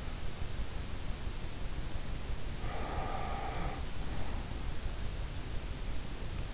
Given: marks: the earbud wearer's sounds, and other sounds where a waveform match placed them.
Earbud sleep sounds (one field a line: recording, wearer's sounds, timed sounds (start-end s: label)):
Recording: sounds in sleep by an in-ear microphone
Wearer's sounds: breath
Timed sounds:
2.54-4.72 s: breath